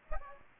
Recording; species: mosquito wingbeat signal from an infrared sensor; Aedes aegypti